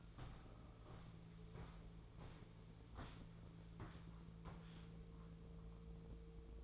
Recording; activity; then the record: daily activity, microphone in the room; walk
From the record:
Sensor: 1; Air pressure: 1005.5 hPa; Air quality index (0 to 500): 124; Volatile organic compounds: 5 ppm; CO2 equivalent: 1748 ppm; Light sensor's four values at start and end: 11/27/11/12 and 10/25/10/11